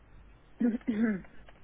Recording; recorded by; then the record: voluntary cough; telephone call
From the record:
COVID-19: negative